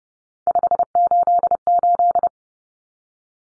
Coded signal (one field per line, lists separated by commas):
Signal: Morse code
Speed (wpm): 30 wpm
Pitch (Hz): 700 Hz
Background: none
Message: 588